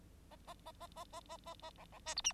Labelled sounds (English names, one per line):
Bengalese Finch song